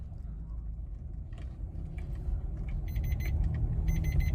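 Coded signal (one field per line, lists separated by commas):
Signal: alarm pattern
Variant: Maruti Suzuki car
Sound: quick high beeps in triplets over a low engine rumble inside a car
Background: car engine rumble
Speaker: यह देखो टू टू टू टू की आवाज आती है जैसे आपने सुना अभी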